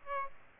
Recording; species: mosquito wingbeat signal from an infrared sensor; Aedes aegypti